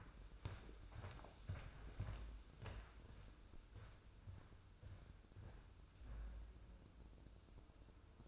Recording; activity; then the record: daily activity, microphone in the room; walk to room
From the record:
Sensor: 2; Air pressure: 995.4 hPa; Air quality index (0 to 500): 78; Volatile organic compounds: 3 ppm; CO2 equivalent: 1388 ppm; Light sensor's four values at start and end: 23/75/29/28 and 23/76/30/28